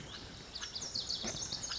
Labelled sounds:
Lazuli Bunting
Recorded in Sonoma County, California

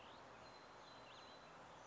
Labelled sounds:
Song Sparrow
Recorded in Sonoma County, California

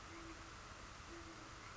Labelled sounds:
Great Horned Owl
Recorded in Sonoma County, California

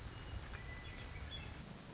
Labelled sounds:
Western Meadowlark
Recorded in Sonoma County, California

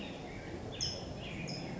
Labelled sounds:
California Towhee
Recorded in Sonoma County, California

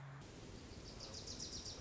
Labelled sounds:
Wilson's Warbler
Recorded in Sonoma County, California

